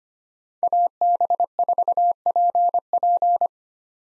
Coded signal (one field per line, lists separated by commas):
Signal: Morse code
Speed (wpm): 25 wpm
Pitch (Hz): 700 Hz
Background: none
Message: AB4PP